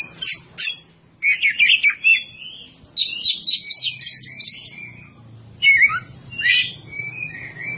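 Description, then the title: Oriental magpie-robin song: loud bursts of whistled and scratchy phrases, mixing rising and falling notes with harsh buzzy notes, separated by short pauses. "Kacer"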